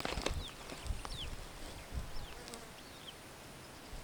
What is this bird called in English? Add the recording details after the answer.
Superb Starling. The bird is a male. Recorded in Kenya on 10 June 2010. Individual 30, of group DRT2